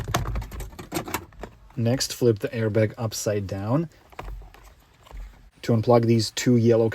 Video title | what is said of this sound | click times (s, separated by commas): How to remove Chevy/GMC airbag - Tahoe, Suburban, Silverado, Sierra, Yukon, Escalade. | Eventually, you're going to feel the spring, push it in, and as you pull airbag towards you, it's going to pop right out. | 0.1 s